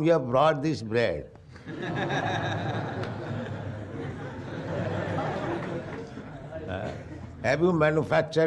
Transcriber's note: laughter